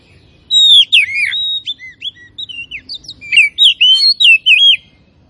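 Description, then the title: Oriental magpie-robin song of bright, varied whistled notes, swooping up and down in quick succession, loud and clear. Tretes; described as gacor, in full, persistent song. "Kacer Tretes"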